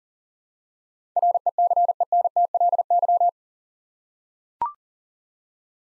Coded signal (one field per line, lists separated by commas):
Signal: Morse code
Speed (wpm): 38 wpm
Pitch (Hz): 700 Hz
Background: none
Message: RECENTLY